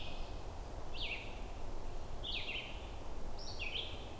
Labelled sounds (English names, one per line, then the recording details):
Red-eyed Vireo song
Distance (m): 15 m
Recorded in boreal forest in Alberta, Canada, on 21 June 2016 at 07:37
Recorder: SongMeter 3, array SBT-6-76
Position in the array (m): 180 m, 88 m